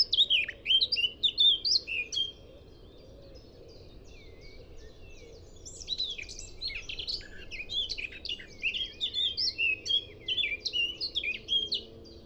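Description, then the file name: Eurasian blackcap giving quick, chattering warbled phrases at the start, a few seconds of near silence, then a longer flowing run of varied musical notes. "Eurasian Blackcap Sylvia atricapilla"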